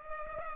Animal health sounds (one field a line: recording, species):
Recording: mosquito wingbeat signal from an infrared sensor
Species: Culex pipiens